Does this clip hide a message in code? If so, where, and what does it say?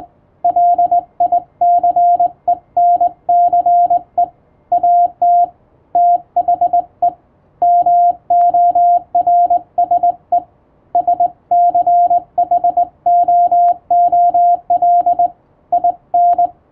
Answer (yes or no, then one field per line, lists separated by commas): yes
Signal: Morse code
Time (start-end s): 0.4-16.5 s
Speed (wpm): 20 wpm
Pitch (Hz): 700 Hz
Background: radio noise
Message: LICENCE AT THE MORSE SCHOOL IN